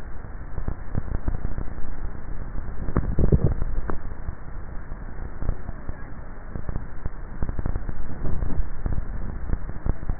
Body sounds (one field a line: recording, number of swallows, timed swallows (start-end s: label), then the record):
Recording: swallowing sounds by neck microphone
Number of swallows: 2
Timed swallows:
3.02-3.98 s: swallow
8.35-9.32 s: swallow
From the record:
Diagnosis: dysphagia